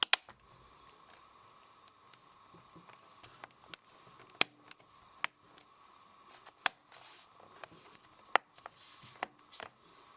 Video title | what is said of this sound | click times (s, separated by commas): Upgrade SSD in a Lenovo ThinkPad X260 / X270 | you should hear a click as they engage with the top case | 0.0 s, 0.1 s, 4.4 s, 5.2 s, 6.7 s, 8.4 s